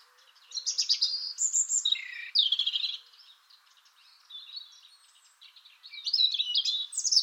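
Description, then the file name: European robin singing a long, varied stretch of high trills, thin drawn-out whistles and descending twitters, softening in the middle before a bright closing flourish. "Erithacus rubecula"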